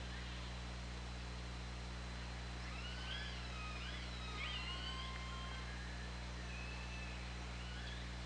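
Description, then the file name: Killer whale calls, a dense cluster of wavering, bending tones with harmonics in the middle, then a few quieter flat tones, above a continuous low hum. Picked up underwater by an OrcaLab hydrophone on 24 August 2017, at about 20:37. "Orca Lab UTLN 20170824 203750"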